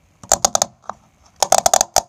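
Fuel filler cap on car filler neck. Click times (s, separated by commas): 0.3 s, 0.5 s, 0.6 s, 1.6 s, 1.7 s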